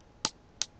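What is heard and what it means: A plastic part of a Nerf Nite Finder blaster is lined up and pushed onto its mating piece, giving two sharp plastic clicks at about 0.3 and 0.6 seconds over a quiet background. The part snaps on and is confirmed seated.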